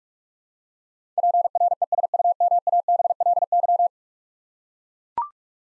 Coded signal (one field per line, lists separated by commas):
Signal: Morse code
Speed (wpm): 44 wpm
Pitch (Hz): 700 Hz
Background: none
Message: PRESUMABLY